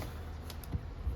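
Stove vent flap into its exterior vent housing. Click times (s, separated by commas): 0.5 s, 0.6 s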